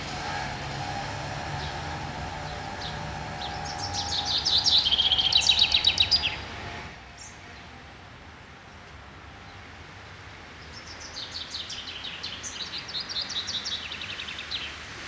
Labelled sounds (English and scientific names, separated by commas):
Common Chaffinch (Fringilla coelebs) song